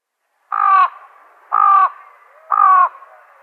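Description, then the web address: Fan-tailed raven: three harsh, nasal caws of even length, repeated steadily about once a second. "Schulze Peter Fan-tailed Raven"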